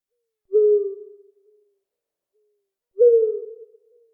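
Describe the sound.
Owl hooting, two low hollow hoots about two and a half seconds apart, each starting sharply and fading away slowly, against a silent background.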